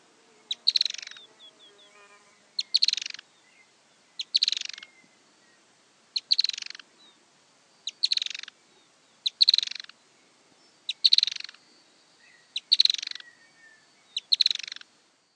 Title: LuckyPassaro Completos2Sama. Firewood-gatherer (Anumbius annumbi)